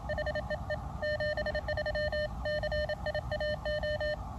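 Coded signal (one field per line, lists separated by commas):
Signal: Morse code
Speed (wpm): 28 wpm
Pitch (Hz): 600 Hz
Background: none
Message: HEE 73 CIAO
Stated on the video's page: Pedestrian-mobile QRP, 5 W, Elecraft KX2 with a 3 m whip on a backpack, including a summit-to-summit SOTA contact.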